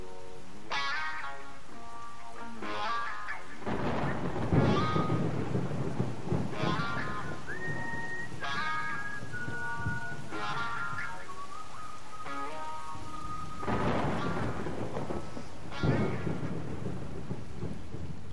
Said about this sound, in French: On entend la pluie et les éclairs.